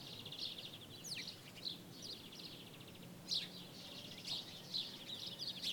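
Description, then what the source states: Birds chattering with buzzy trills and scattered sharp chirps, one descending whistled note early on, over steady background noise. Birds in daytime ambience in Jerez, Spain.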